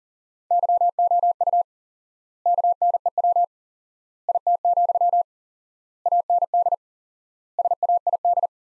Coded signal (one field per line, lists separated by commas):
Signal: Morse code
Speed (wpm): 40 wpm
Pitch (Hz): 700 Hz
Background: none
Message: YOU KNEW IT, AND SAID